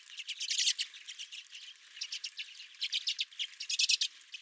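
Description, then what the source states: Redpolls chattering, with rapid overlapping buzzy and twittering calls in uneven bursts, several birds calling at once. Redpolls at the recordist's own bird feeder.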